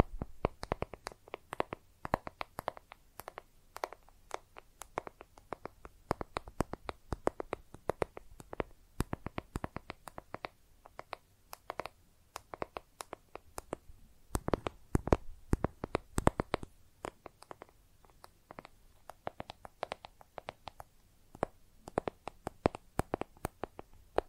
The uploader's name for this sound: Makeup Tapping & Scratching Sounds